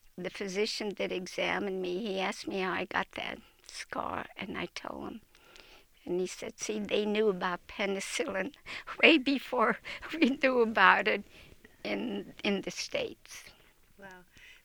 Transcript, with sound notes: the physician that examined me, he asked me how I got that scar and I told him, and he said — see, they knew about penicillin way before (laughs) we knew about it in the States.
Wow.